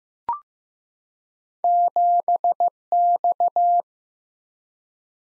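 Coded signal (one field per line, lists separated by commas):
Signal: Morse code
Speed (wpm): 15 wpm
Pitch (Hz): 700 Hz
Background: none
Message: 7X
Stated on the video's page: Morse practice drill of random two-character letter and number combinations at 15 WPM, each sent, spoken, then sent again.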